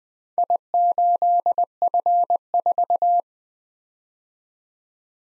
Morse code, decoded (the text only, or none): I8F4